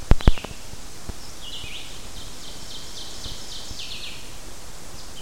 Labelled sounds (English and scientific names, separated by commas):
Ovenbird (Seiurus aurocapilla) song